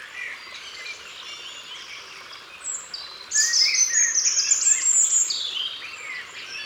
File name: Rougegorge Familier Concerts Naturels De l Ardeche